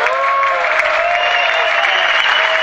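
An audience applauds steadily, a dense wash of many hands clapping at an even, fairly loud level throughout, with a faint sustained tone running underneath.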